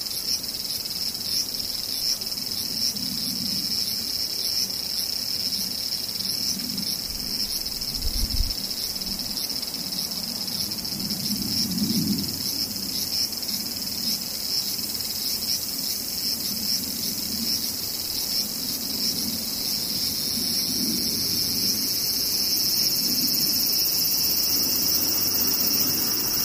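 Cicadas drone without a break, a dense, bright, shimmering buzz that stays steady throughout and swells slightly near the end. Beneath it, a soft low rumble comes and goes, with a brief thump around eight seconds.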